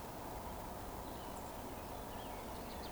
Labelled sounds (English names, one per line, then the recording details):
Eurasian Woodcock whistle
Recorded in Baden-Württemberg, Germany, on 12 June 2020 at 19:18 UTC
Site 14569, 102 m above sea level